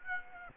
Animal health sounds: mosquito wingbeat signal from an infrared sensor; Aedes aegypti

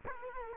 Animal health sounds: mosquito wingbeat signal from an infrared sensor; Culex quinquefasciatus

